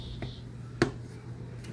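A plastic pour-spout lid is pressed into the rim of a metal paint can and seats with one sharp snap at 0.8 s. Fainter taps come at about 0.2 s and 1.6 s over a low steady hum.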